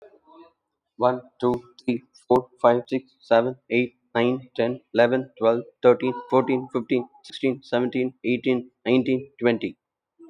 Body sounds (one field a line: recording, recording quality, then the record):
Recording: counting at a fast pace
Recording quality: excellent, no background noise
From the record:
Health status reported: healthy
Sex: male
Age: 47 years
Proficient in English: yes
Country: India